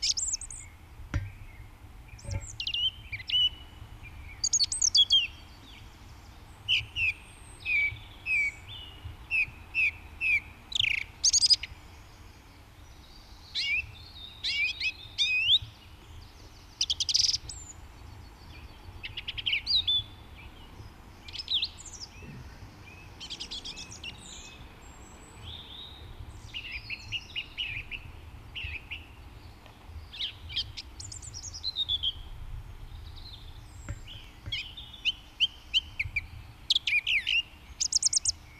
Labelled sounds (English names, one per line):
Song Thrush song